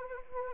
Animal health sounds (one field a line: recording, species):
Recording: mosquito wingbeat signal from an infrared sensor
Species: Anopheles arabiensis